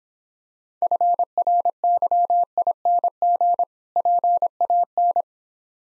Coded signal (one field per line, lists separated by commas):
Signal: Morse code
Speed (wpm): 26 wpm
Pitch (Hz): 700 Hz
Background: none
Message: FRYING PAN